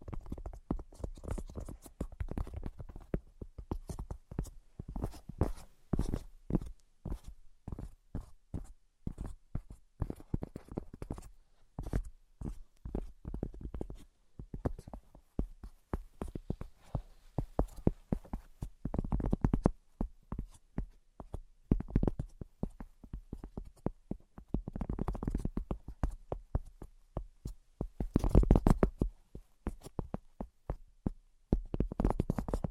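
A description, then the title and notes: Rapid tapping runs throughout, dense clusters of short sharp knocks with slight pauses between bursts. The taps are mostly low and dull with some brighter clicks, and a few heavier, louder bursts come around 19, 25 and 28 seconds. ASMR Brain Penetrating 3D Tapping (No Talking).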